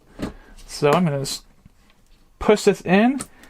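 A DDR4 memory stick is being pushed into a motherboard DIMM slot while someone talks. Only soft handling noises are heard between the speech. Nothing has seated or clicked yet.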